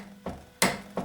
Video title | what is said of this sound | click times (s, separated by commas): Makita XWT02 Brushless 18V LXT 1/2" Impact Wrench - DTW281 / XWT02Z / XWT02M | we'll place it on there and we'll verify the torque so just leaning down on this you'll hear a click | 0.6 s